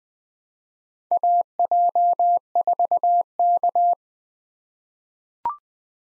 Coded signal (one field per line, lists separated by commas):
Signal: Morse code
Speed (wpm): 20 wpm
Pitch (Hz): 700 Hz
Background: none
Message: AJ4K